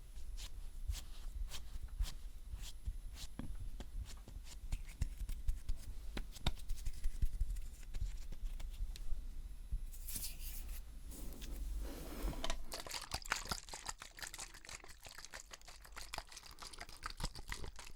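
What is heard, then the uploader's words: Makeup cleansing sounds: scattered soft taps and clicks, a hissing wipe around ten seconds, then denser crackly rubbing toward the end. ASMR Makeup Cleansing with Personal Attention(No Talking).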